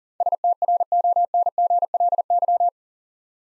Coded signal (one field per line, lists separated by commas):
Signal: Morse code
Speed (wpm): 37 wpm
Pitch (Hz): 700 Hz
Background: none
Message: STRONGLY